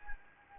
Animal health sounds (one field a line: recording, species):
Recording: mosquito wingbeat signal from an infrared sensor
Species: Anopheles gambiae